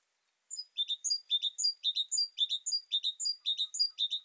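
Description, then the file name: Great tit calling in a fast, steady series of high, sharp multi-note phrases, each dropping from a thin top note to a lower double chip, about two per second. "Parus major"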